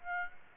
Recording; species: mosquito wingbeat signal from an infrared sensor; Aedes aegypti